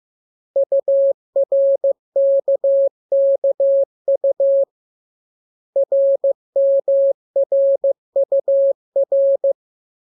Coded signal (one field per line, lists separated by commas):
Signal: Morse code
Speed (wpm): 15 wpm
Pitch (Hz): 550 Hz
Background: none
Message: URKKU RMRUR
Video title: Learning Morse Code. Lesson 3. Letter KMUR